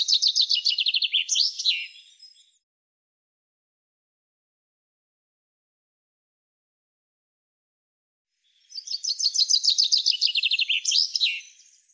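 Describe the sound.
Common chaffinch song heard twice, with about six seconds of silence between. Each phrase is a rapid descending series of sharp notes closing with a brief flourish.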